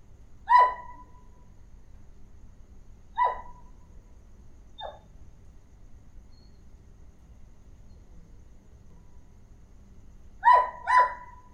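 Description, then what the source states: Dog barks: single sharp yaps at irregular gaps, a softer one midway, then two quick barks close together near the end, over a low steady hum. Barking of a small dog.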